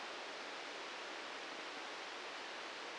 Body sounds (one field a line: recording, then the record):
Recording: brain microelectrode recording played as sound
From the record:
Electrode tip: outside the subthalamic nucleus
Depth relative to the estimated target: -4 mm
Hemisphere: right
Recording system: NeuroSet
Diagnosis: Parkinson's disease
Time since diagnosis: 15 years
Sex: male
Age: 65 years